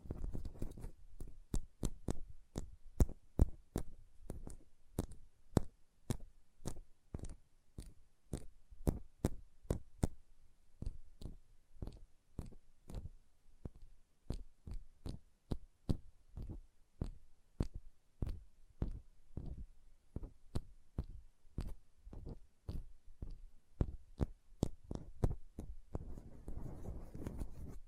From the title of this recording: ASMR Hand Sounds, Nail Tapping and Lotion Sounds